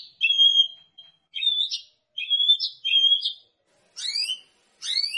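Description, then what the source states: White-rumped shama song: several short whistled phrases, followed by two harsher chirping notes. Lure recording meant to make a shama sing and respond; bird described as singing persistently (gacor).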